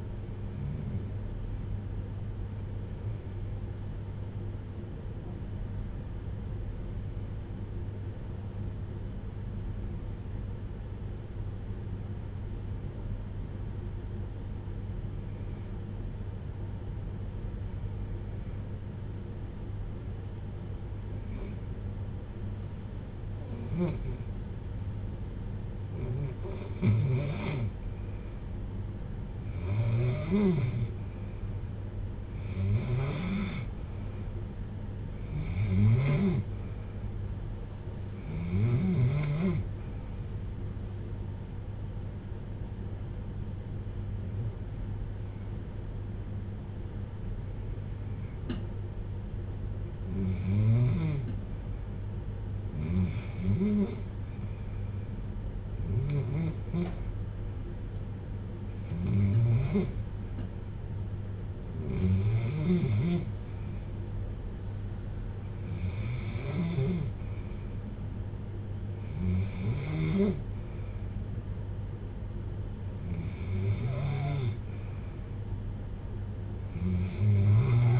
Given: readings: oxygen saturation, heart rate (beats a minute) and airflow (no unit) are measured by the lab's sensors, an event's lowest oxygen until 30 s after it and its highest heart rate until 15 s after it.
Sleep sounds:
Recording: breathing in sleep by a smartphone at the bedside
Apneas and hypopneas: 2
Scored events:
3.00-32.20 s: hypopnea (REM, oxygen 94% highest, then 83% lowest, heart rate 62 at the start, 71 highest)
45.00-66.10 s: hypopnea (REM, oxygen 90% highest, then 86% lowest, heart rate 62 at the start, 66 highest)
From the record:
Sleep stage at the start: REM sleep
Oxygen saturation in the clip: 83 to 94%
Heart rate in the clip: 52 to 71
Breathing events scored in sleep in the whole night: 310 in 8.1 hours asleep

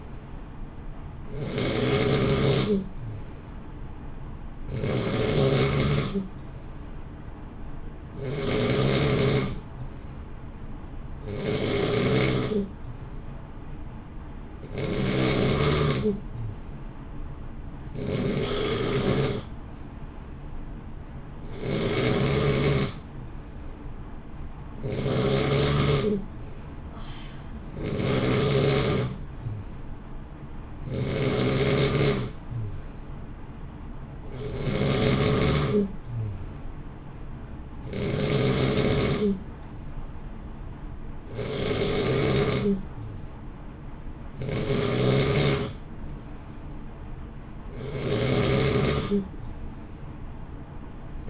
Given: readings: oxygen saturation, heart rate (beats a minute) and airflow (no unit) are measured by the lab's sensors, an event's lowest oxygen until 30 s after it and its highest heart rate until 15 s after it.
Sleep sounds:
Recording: breathing in sleep by a smartphone at the bedside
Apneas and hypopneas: none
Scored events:
none scored
From the record:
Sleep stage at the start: N3 (deep sleep)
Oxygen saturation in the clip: 90 to 91%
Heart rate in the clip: 58 to 63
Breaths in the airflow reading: 19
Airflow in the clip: -0.9 to 0.8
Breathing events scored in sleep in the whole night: 328 in 6.3 hours asleep

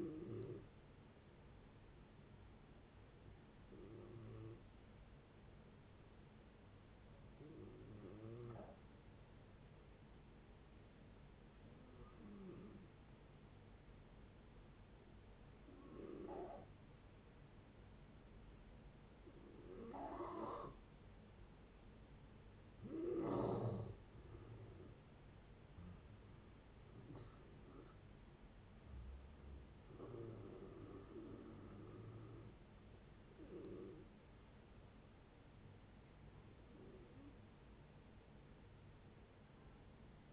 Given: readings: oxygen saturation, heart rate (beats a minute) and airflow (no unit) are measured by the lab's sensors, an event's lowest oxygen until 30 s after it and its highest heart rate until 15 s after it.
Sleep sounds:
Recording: breathing in sleep by a voice recorder at the bedside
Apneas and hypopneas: 1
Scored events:
4.00-25.80 s: hypopnea (N2, oxygen 95% highest, then 87% lowest, heart rate 58 at the start, 78 highest)
From the record:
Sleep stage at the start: N2 (light sleep)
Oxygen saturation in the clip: 87 to 95%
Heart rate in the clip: 57 to 78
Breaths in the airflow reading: 11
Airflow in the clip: -10.6 to 14.5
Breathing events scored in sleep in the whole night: 496 in 5.4 hours asleep

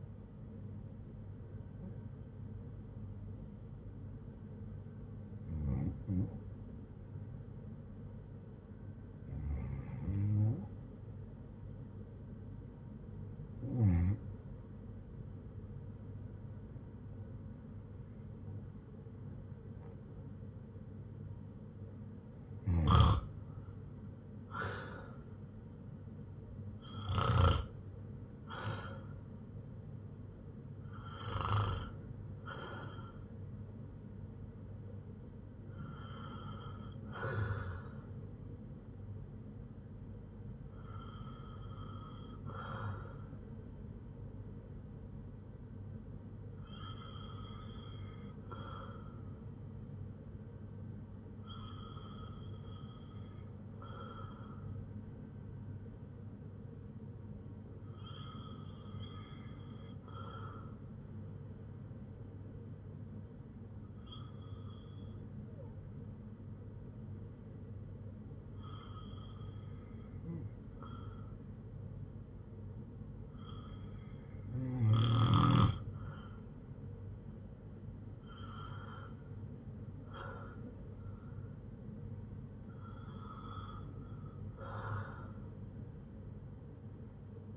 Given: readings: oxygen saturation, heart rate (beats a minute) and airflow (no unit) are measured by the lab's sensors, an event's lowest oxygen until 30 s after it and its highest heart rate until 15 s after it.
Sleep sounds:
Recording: breathing in sleep by a smartphone at the bedside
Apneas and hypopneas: 1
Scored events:
13.00-32.30 s: hypopnea (REM, oxygen 85% highest, then 80% lowest, heart rate 64 at the start, 82 highest)
From the record:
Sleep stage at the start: REM sleep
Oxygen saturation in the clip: 80 to 96%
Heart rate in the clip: 59 to 82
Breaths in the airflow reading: 17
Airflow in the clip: -8.7 to 6.2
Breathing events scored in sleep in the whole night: 182 in 7.4 hours asleep

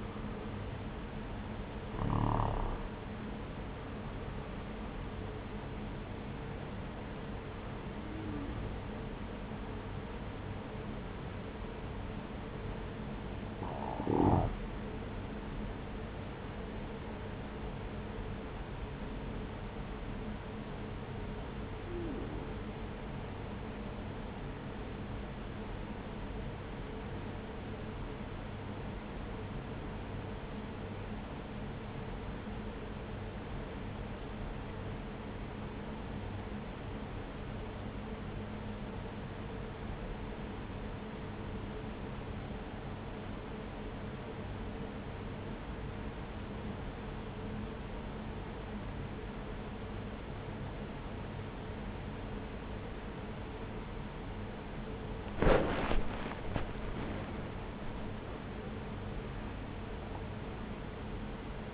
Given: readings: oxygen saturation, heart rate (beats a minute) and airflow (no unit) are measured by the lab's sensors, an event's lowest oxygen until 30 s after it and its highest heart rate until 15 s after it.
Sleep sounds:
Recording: breathing in sleep by a voice recorder at the bedside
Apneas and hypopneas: 1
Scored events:
15.00-61.74 s: new sleep stage, N2 (light sleep)
18.00-56.00 s: hypopnea (N2, oxygen 98% highest, then 90% lowest)
From the record:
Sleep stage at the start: N1 (lightest sleep)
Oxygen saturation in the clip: 88 to 98%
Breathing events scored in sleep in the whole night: 210 in 6.9 hours asleep

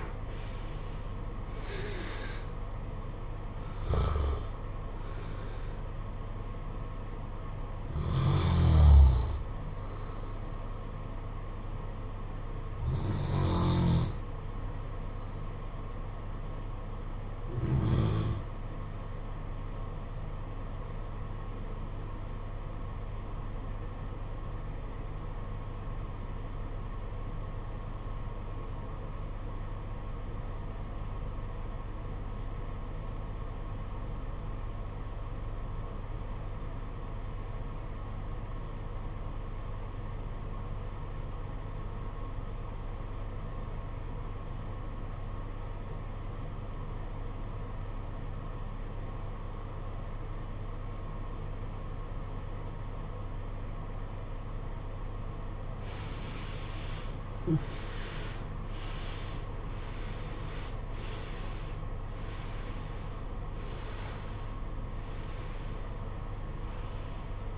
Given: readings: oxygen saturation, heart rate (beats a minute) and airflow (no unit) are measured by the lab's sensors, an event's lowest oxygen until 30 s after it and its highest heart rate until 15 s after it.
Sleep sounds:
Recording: breathing in sleep by a smartphone at the bedside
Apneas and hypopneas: 1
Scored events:
20.00-56.70 s: obstructive apnea (REM, oxygen 96% highest, then 73% lowest, heart rate 50 at the start, 87 highest)
From the record:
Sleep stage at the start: REM sleep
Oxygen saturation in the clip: 71 to 96%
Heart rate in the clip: 49 to 88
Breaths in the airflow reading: 10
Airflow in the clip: -18.7 to 16.8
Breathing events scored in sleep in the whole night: 476 in 9.7 hours asleep

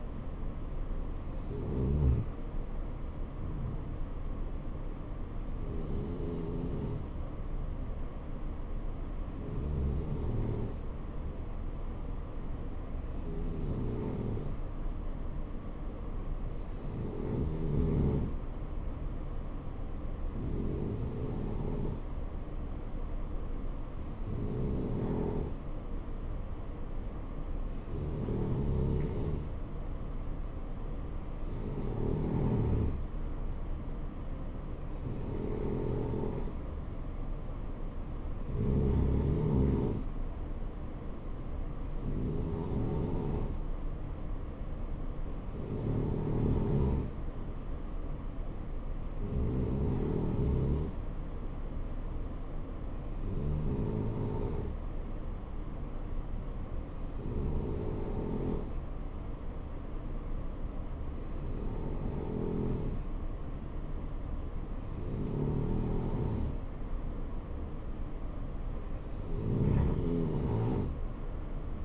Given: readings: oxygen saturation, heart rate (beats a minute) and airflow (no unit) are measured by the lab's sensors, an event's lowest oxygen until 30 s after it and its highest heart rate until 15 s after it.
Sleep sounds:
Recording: breathing in sleep by a smartphone at the bedside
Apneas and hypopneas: none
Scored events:
none scored
From the record:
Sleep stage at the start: N2 (light sleep)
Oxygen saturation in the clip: 91 to 92%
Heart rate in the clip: 60 to 68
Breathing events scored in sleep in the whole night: 277 in 7.4 hours asleep

